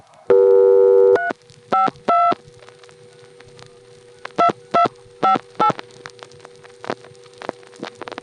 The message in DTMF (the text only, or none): 352 2258